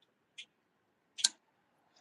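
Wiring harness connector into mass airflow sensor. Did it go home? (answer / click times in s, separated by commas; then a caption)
yes / 1.2 s. On a 2008 Chevy Silverado 1500 with the 4.3L V6, the wiring harness connector is plugged back into the mass airflow sensor on the intake. A light tick at about 0.4 s is followed by a sharp, bright click at 1.3 s as the connector seats, then a faint tick near 2.0 s. The connector is confirmed fully seated.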